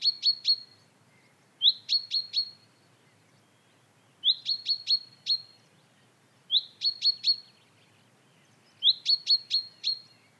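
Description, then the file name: Common chaffinch giving repeated call groups of three or four sharp, high, clipped notes with a rising lead-in, at a steady pace, quiet backdrop. "Fringilla coelebs"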